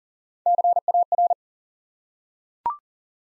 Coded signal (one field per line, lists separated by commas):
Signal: Morse code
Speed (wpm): 40 wpm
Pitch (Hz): 700 Hz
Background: none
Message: CAR